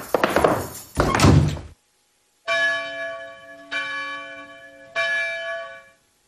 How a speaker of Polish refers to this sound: Biły dzwony na godzinę 6.